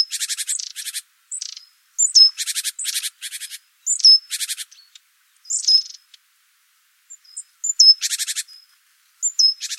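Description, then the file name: Great tit calling: brief high thin notes dropping in pitch, each followed by harsh buzzy churring bursts, repeated irregularly over a quiet background. "Parus major"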